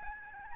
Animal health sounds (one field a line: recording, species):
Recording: mosquito wingbeat signal from an infrared sensor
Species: Aedes albopictus